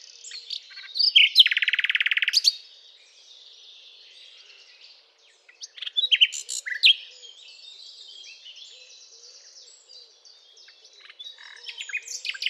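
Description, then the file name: Common nightingale song with a harsh, buzzy rattle burst, followed after a pause by clusters of sharp chirps and softer fragmented notes. "Luscinia megarhynchos"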